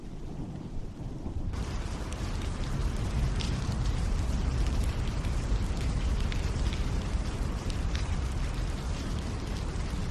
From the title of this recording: Serene Rain Sounds